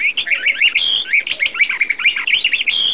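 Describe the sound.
Bird chirping, a dense run of quick high chirps and short bright whistles, overlapping and continuous without pause throughout.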